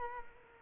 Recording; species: mosquito wingbeat signal from an infrared sensor; Culex quinquefasciatus